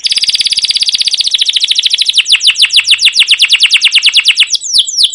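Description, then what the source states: Canary song: a long roll of fast repeated chirps that slows into rhythmic downward-sweeping whistled notes, loud and continuous throughout. Canary singing a long rolling chirp song used as a lure (pancingan) to train other canaries.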